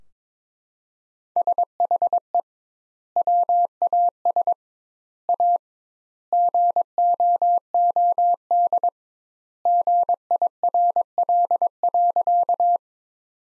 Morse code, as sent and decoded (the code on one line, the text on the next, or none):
... .... . / .-- .- ... / .- / --. --- --- -.. / --. .. .-. .-.. .-.-.-
SHE WAS A GOOD GIRL.